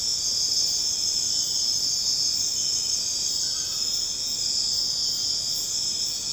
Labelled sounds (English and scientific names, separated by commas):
none